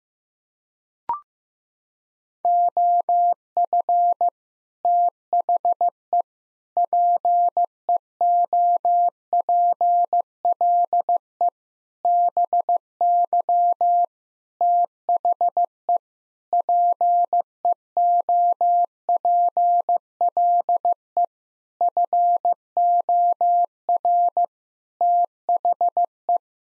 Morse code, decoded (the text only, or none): OF THE PEOPLE BY THE PEOPLE FOR THE